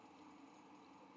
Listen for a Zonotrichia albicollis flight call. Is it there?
no